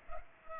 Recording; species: mosquito wingbeat signal from an infrared sensor; Culex pipiens